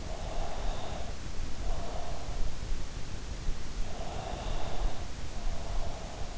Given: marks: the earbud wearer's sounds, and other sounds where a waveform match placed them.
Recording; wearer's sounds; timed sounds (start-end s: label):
sounds in sleep by an in-ear microphone; breath
0.10-2.27 s: breath
4.10-6.38 s: breath